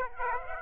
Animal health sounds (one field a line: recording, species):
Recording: mosquito wingbeat signal from an infrared sensor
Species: Aedes aegypti